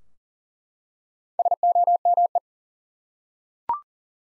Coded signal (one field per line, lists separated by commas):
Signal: Morse code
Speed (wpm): 40 wpm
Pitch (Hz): 700 Hz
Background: none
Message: SOME